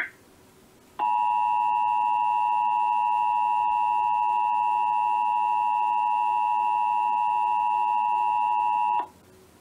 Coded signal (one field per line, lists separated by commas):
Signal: Emergency Alert System (SAME) tones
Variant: 853 and 960 Hz attention tone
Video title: AM/FM, TV (EAS # 445-446 TN) Required Monthly Test